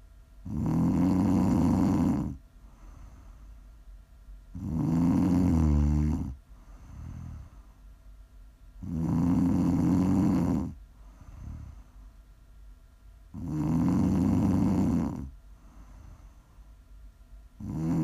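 Loud snoring comes in regular rasping breaths about every five seconds, each lasting two seconds, separated by quiet, softer exhales.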